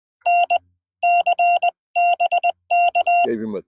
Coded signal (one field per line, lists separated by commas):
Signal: Morse code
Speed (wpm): 20 wpm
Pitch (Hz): 700 Hz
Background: speech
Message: NC BK